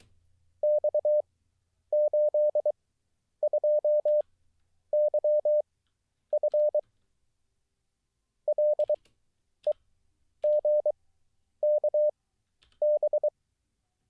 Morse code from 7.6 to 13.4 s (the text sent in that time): LEGKB